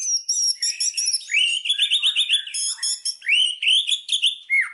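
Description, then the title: White-rumped shama song: fast, varied sequence of high chirps and short upslurred whistles, with bursts of quick twittering notes. Song used as a lure (pancingan) for other birds, said to provoke an immediate response; described as singing constantly (gacor). "PANCINGAN MEWAH MURAI BATU GACORSEKALI DENGAR AMPUH LANGSUNG RESPON"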